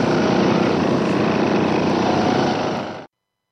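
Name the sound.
jackhammer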